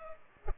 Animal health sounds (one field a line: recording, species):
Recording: mosquito wingbeat signal from an infrared sensor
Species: Culex pipiens